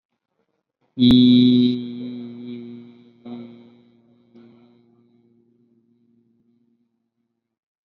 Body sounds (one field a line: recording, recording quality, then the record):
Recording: sustained vowel as in beet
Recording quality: excellent, no background noise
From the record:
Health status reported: COVID-19 positive, mild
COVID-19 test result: positive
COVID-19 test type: RT-PCR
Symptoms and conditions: diabetes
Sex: male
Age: 29 years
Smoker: no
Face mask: not worn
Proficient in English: yes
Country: India